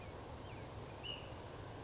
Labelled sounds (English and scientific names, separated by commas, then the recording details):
Ash-throated Flycatcher (Myiarchus cinerascens)
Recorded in Sonoma County, California